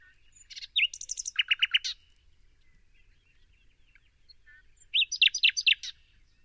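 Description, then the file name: Common nightingale singing two varied phrases: chattering buzzy notes with high sharp whistles and a pulsed rattle, a pause with faint notes, then another rich rattling burst. "Luscinia megarhynchos"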